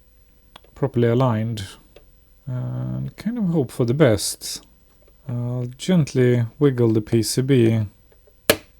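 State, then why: Seated. A circuit board is lowered onto board-to-board connectors inside a vintage all-in-one computer, a PowerPC Mac 5500/275, and gently wiggled while someone talks. A sharp, loud snap at 8.5 s marks the board snapping into place onto the connectors, though whether the connectors are fully engaged can't be seen.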